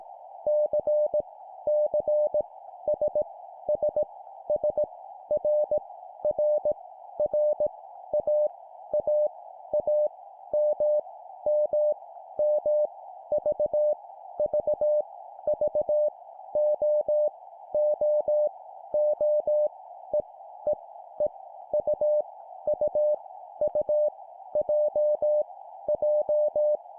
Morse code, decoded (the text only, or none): C C S S S R R R A A A M M M V V V O O O E E E U U U J J